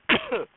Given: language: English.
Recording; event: throat vibration sensor signal played as sound; cough